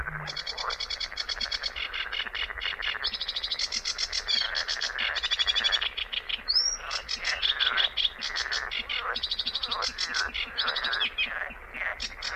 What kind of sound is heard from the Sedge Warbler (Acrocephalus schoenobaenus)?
song